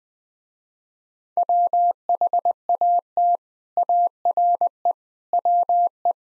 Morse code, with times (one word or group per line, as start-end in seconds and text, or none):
1.4-3.4 WHAT
3.8-4.9 ARE
5.3-6.1 WE